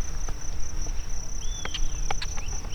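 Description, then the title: Bird call: a clear slurred whistle that rises and then falls, plus a couple of short whistles, over a constant high-pitched cricket-like buzz and clicks. Recorded in the Sierra Nevada, USA. "内华达山脉的鸟叫_美国"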